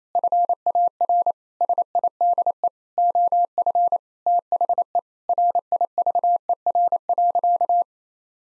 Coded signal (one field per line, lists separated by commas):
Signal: Morse code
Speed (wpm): 27 wpm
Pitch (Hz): 700 Hz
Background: none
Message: FAR SIDE OF THE RIVER.